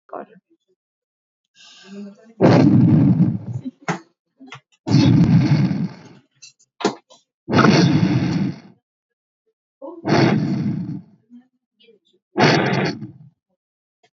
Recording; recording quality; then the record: deep breathing; excellent, no background noise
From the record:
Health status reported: healthy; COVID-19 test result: negative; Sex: female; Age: 49 years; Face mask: not worn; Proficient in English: yes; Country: India